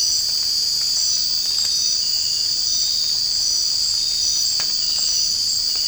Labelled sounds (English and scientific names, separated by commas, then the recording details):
none
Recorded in secondary vegetation near Puerto Asís, Putumayo, Colombia, on 8 March 2025 at 01:30
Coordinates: 0.502, -76.326
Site G100